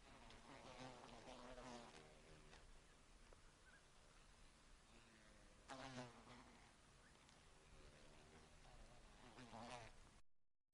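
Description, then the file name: Fly buzzing in several passes, each a wavering drone that swells as it goes by, near two, six and ten seconds. A single fly making slow, lazy fly-bys. "FLIES SINGLE LAZY-FLY-BYS"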